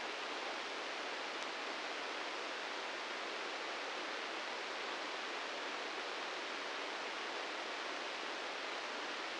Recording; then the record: brain microelectrode recording played as sound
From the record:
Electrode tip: inside the subthalamic nucleus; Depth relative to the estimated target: -5 mm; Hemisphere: left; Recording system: NeuroSet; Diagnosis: Parkinson's disease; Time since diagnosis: 13 years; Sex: male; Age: 66 years